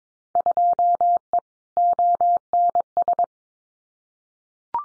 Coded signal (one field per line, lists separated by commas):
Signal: Morse code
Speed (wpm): 22 wpm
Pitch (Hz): 700 Hz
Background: none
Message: 2E ONS